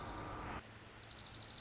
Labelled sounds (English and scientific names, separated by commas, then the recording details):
Dark-eyed Junco (Junco hyemalis)
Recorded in Sonoma County, California